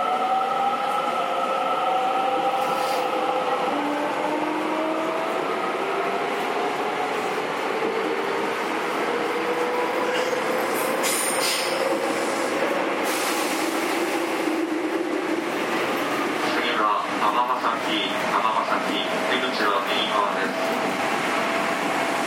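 A JR 207 series train runs between Kyobashi and Takarazuka, its steady rolling roar filling the whole stretch at an even loudness. Motor whines slide slowly in pitch across the middle, and brief hissing bursts rise around eleven and thirteen seconds.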